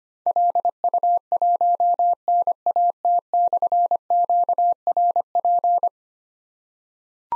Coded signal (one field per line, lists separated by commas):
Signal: Morse code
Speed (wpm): 25 wpm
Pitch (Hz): 700 Hz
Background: none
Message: LU1NAT/QRP